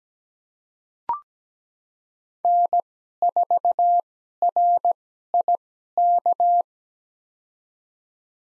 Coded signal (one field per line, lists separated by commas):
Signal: Morse code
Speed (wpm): 17 wpm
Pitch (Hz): 700 Hz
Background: none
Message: N4RIK